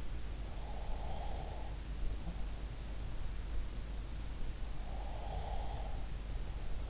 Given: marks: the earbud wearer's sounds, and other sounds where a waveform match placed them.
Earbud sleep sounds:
sounds in sleep by an in-ear microphone; breath
0.18-2.50 s: breath
4.74-6.90 s: breath

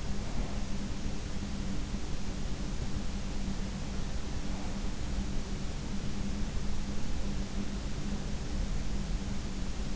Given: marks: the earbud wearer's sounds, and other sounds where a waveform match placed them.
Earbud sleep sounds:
sounds in sleep by an in-ear microphone; breath
0.00-1.86 s: breath

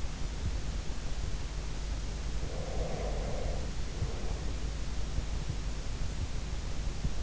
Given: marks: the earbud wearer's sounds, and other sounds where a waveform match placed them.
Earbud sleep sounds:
sounds in sleep by an in-ear microphone; breath
2.31-4.56 s: breath

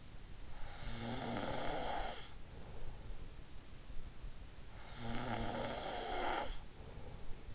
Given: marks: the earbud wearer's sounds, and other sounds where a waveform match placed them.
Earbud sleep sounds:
sounds in sleep by an in-ear microphone; snoring breath
0.53-3.03 s: snoring breath
4.94-7.55 s: snoring breath

